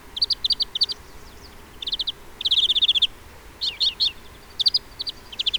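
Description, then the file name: European greenfinch calls in rapid twittering bursts of short chirps, some runs longer and trilled, with brief pauses between groups. "Chloris chloris"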